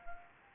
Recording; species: mosquito wingbeat signal from an infrared sensor; Anopheles arabiensis